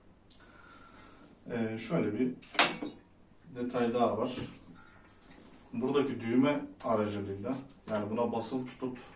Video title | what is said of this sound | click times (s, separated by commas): HER EVE LAZIM! - Bosch Mum5 Mutfak Makinesi İncelemesi | çevirdiğimizde yine çıt sesiyle sabitleniyor bu dur yeren çıkmıyor zaten | 0.3 s